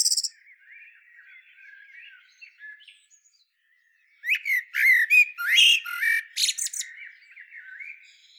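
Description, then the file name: Eurasian blackbird: a long stretch of faint, scratchy twittering, then an abrupt, loud bout of harsh, rapid squawking notes. "Turdus merula"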